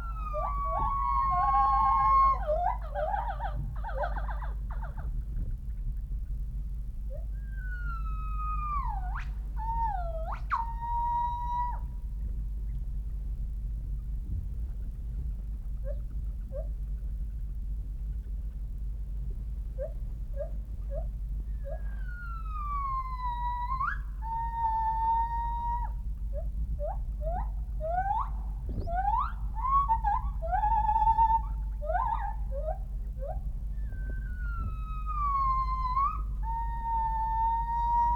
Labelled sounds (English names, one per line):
Northern White-cheeked Gibbon